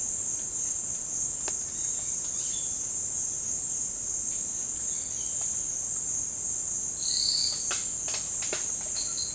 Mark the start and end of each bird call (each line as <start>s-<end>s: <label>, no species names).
6.95s-7.63s: bird call